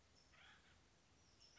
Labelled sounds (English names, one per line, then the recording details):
Acorn Woodpecker
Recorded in Sonoma County, California